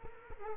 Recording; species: mosquito wingbeat signal from an infrared sensor; Culex quinquefasciatus